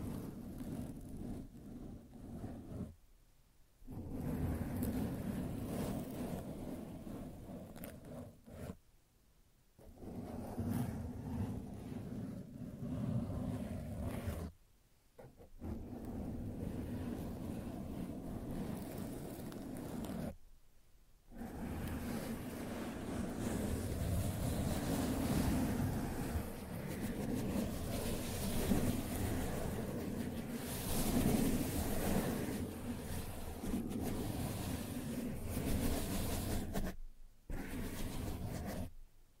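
Sensitive tracing sounds arrive as long stretches of dense, rumbling scratching, low and full with a softer hiss above. Short silent breaks cut in around 3, 9, 15, 21 and 37 seconds. The later passes run longer, louder and slightly brighter.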